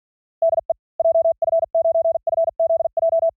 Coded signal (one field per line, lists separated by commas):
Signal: Morse code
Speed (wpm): 48 wpm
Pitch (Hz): 660 Hz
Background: none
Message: DE JF9FZJ